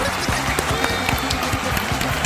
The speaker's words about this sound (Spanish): Muchísimas gracias y este aplauso para cada uno de ustedes.